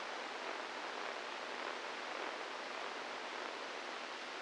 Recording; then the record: brain microelectrode recording played as sound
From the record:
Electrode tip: inside the subthalamic nucleus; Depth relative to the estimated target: 1 mm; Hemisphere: right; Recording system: NeuroSet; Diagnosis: Parkinson's disease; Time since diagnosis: 8 years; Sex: male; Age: 46 years